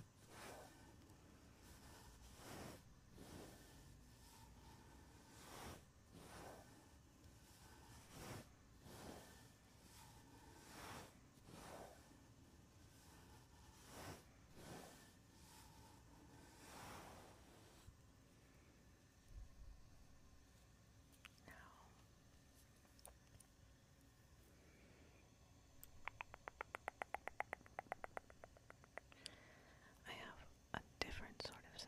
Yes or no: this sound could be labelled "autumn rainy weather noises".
no